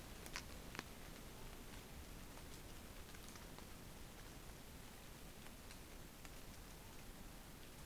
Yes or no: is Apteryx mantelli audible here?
no